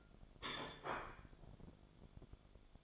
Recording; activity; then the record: daily activity, microphone in the room; place plate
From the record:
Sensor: 5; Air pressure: 1004.4 hPa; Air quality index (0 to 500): 171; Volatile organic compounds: 4 ppm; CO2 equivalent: 1605 ppm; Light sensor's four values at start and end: 17/39/15/14 and 17/39/15/14